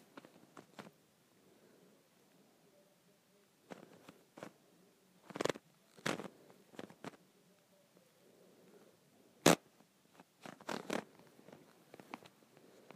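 A handle is twisted and turned, giving short bursts of scraping and clicking that come in uneven clusters. The busiest stretches fall around 5–7 and 10–11 seconds, with one sharp, bright snap near 9.5 seconds. Quiet gaps separate the groups, with a faint low murmur beneath.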